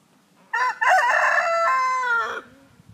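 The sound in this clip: Chicken: rooster crowing once: a loud, harmonic cock-a-doodle-doo lasting about two seconds, with a stuttered start and a drawn-out ending.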